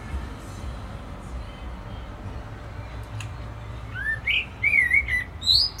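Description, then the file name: Common blackbird song: a mellow rising and falling whistled phrase that breaks into high, squeaky twittering notes toward the end, over low background rumble. "Turdus merula"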